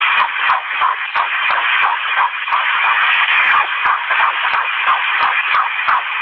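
Rapid, regular whooshing pulses over a hissing background: a baby's heartbeat picked up by ultrasound Doppler.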